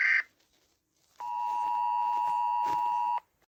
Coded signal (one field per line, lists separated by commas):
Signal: Emergency Alert System (SAME) tones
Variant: 853 and 960 Hz attention tone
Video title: Rating Eas Alarms (Sorry if u think this is bad)